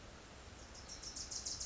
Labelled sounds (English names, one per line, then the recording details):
Wilson's Warbler
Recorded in Sonoma County, California